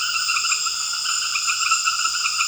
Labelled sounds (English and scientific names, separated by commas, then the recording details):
none
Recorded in secondary vegetation near Puerto Asís, Putumayo, Colombia, on 8 March 2025 at 20:00
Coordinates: 0.488, -76.319
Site G095